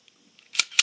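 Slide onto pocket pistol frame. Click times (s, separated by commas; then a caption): 0.6 s, 0.8 s. During reassembly of a Bodyguard 380 pocket pistol, the slide lock is released and the steel slide snaps forward onto the polymer frame. Faint ticks come first, then two sharp, loud metallic clacks at 0.6 s and 0.8 s. The slide is locked in place.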